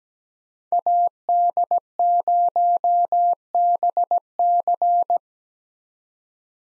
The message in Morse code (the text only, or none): AD0BC